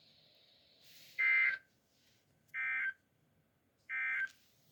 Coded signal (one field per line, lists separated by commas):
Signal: Emergency Alert System (SAME) tones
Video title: Crazy Afternoon. (EAS#101-109)